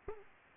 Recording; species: mosquito wingbeat signal from an infrared sensor; Aedes aegypti